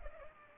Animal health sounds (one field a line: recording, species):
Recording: mosquito wingbeat signal from an infrared sensor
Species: Culex pipiens